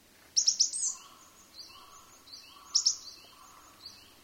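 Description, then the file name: Coal tit giving high, sharp clustered notes twice, with softer notes and lower tones between, over a steady hiss. "higara"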